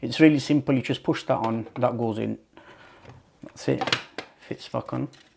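A washed and dried filter is pushed down into its plastic housing on a Shark DuoClean cordless stick vacuum (IF200UK) while someone talks. Handling noises come through between the speech, and the clip ends before the part goes home, so nothing has seated or clicked yet.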